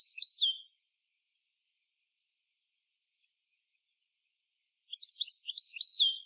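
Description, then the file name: European goldfinch twittering briefly at the start, a long silence, then another quick burst of bright tinkling notes. "Carduelis carduelis"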